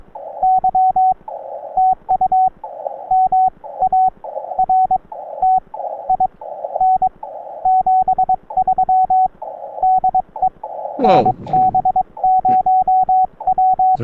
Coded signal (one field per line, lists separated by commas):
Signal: Morse code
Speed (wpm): 22 wpm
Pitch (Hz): 750 Hz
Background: radio noise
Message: Y TU MARTIN 73 DE NB0W